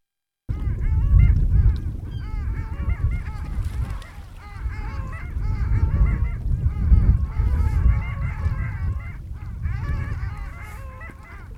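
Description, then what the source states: Long-tailed ducks calling as a flock, overlapping nasal yodeling notes with bending pitch, nearly continuous, over strong low rumbling noise. Flock calling at Barnegat Inlet on the Jersey Shore, New Jersey, 27 February 2022 around 09:57; one of the most distinctive voices of any bird.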